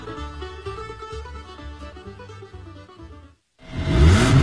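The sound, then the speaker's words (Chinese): A steady, tonal musical passage stops briefly, then a loud burst of car engine revving rises in pitch with a roaring, noisy rush for about a second, in a car program jingle on Beijing Story Broadcasting. “加足马力，准备进入潮流座驾快车通道。”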